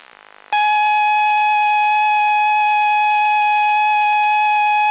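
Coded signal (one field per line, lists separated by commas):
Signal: ZX Spectrum tape loading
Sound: brief quiet, then a loud, harsh, steady buzzing tone about 800 Hz throughout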